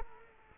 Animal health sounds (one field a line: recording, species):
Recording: mosquito wingbeat signal from an infrared sensor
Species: Culex quinquefasciatus